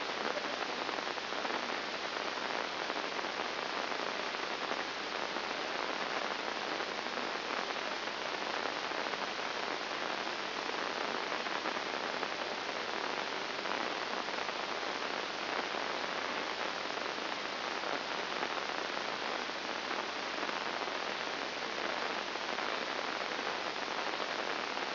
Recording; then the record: brain microelectrode recording played as sound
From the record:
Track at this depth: inside the subthalamic nucleus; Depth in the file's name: 2.304 mm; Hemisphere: left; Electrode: 2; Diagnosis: Parkinson's disease